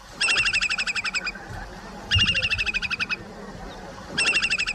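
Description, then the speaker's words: Slender-billed curlew song: three bursts of rapid, evenly pulsed high trilled notes, the last cut off at the end. Species last seen in 1995, declared extinct in 2025. "y ahora mismo lo que están escuchando es el canto del zarapito picofino"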